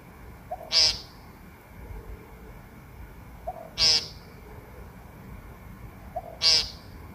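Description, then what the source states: Woodcock calls: a soft low note followed by a sharp, high squeak, given three times about every three seconds over a steady background hiss. Recorded on a Samsung S20 phone; a quiet whoop, possibly an in-drawn breath, comes before every call.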